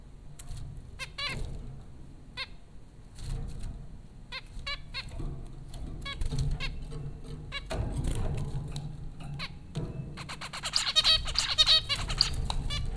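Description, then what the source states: Zebra finch calls, scattered short nasal notes, ending in a dense rapid chattering burst of buzzy notes, over low rumble. Four zebra finches at Popcorn School, Flatbush, Brooklyn, New York, April 15, 2009.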